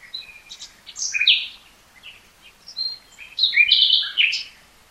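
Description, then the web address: Common nightingale song, varied phrases of sharp chirps and rich warbled notes, pausing between bursts, with the loudest burst near the end. "SETE data Luscinia megarhynchos"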